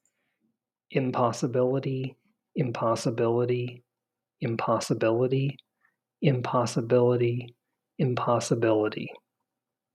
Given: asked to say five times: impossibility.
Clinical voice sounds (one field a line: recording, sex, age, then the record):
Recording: repeated word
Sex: male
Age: 40 to 49 years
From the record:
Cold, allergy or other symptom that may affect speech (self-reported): no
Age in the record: 48 years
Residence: Texas, United States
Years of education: 16